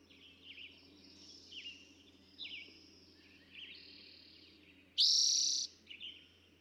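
Eastern towhee: soft downslurred notes, then one loud, ringing trill near the end.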